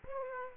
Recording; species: mosquito wingbeat signal from an infrared sensor; Aedes aegypti